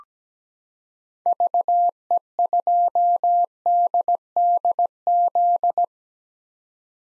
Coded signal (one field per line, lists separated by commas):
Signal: Morse code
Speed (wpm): 17 wpm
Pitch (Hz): 700 Hz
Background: none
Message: VE2DDZ